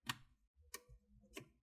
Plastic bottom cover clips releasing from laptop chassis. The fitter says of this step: in between the top on the bottom cover and then work around you're gonna hear some clicks go